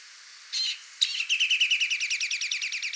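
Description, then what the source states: Rock nuthatch giving a short call followed by a fast, loud trill of repeated notes continuing to the end. Song and calls.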